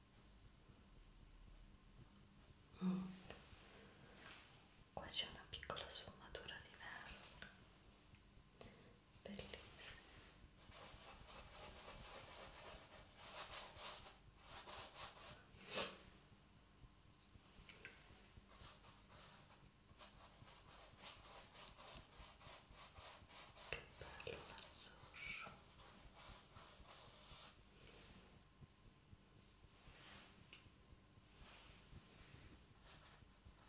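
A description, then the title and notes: Soft brush sounds scratch and sweep, a dry hissing rub that comes in short strokes with brief pauses. The texture is bright and airy, with a few sharper taps near 3, 5, 16 and 25 seconds over a faint low hum. ASMR Painting.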